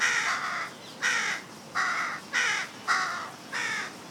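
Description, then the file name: Carrion crow giving several hoarse, drawn-out caws in a row. "Corvus corone"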